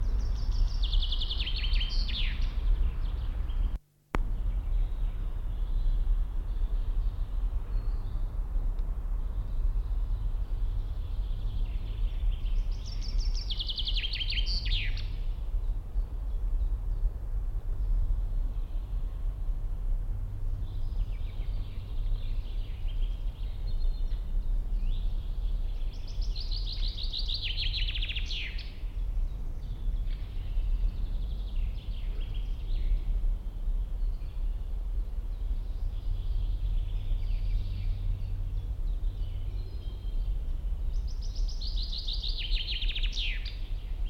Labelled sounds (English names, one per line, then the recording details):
Common Chaffinch
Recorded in the wild
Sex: male
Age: adult
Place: Mühlenbecker Wald, Brandenburg, DE
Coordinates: 52.689, 13.356
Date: 1993-05-08 11:58
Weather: sonnig, ca. 23 °C
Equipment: Marantz CP 430, Sennheiser ME 80, Kopie Uher Variocord 263
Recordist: Tembrock, Günter